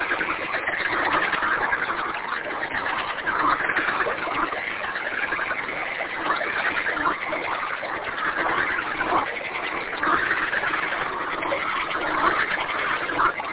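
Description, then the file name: Frog chorus, a continuous wall of rapid, rattling croaks from many callers, level and unbroken throughout with slight surges in intensity. "kunstradio froesche"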